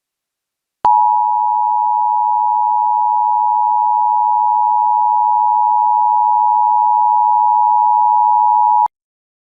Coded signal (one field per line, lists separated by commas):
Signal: Emergency Alert System (SAME) tones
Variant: 853 and 960 Hz attention tone